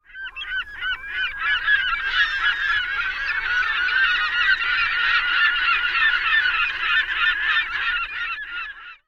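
California gull calls in a dense, overlapping chorus of harsh, yelping notes, many birds calling at once in rapid succession throughout.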